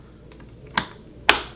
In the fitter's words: make sure it clicks into place